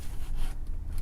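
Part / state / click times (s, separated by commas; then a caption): car seat lower LATCH connector onto vehicle anchor bar / not seated / none. The first lower LATCH strap connector of a Diono Radian 3RXT convertible car seat, centered on the mat, is handled as it is pushed straight back toward the lower anchor bar in a Tesla Model 3. Steady rubbing and scraping fill the clip, with brief small ticks near 0.7 and 1.0 seconds. Nothing has seated or clicked yet.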